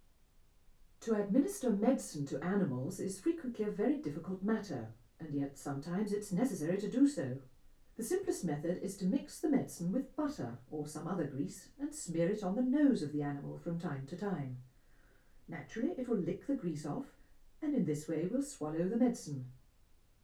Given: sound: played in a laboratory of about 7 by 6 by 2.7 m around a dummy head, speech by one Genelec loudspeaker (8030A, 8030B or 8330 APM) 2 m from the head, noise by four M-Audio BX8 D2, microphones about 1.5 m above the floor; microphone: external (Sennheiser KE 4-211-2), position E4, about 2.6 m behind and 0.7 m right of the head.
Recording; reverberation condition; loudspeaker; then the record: female speech in English; low; 120 degrees to the left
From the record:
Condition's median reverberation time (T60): about 310 ms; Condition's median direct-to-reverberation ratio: about 3.5 dB